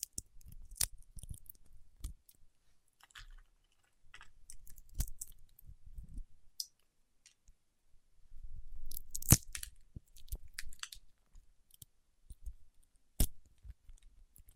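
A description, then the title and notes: Wax on fingertips makes sticky, crackling clicks and soft rustles in irregular bursts, with quiet gaps between them. Sharp snaps stand out near the start, around nine seconds and again near thirteen, over a faint low rumble. ASMR with Wax Fingertips for Sleep (No Talking).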